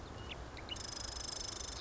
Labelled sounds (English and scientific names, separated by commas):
Marsh Wren (Cistothorus palustris)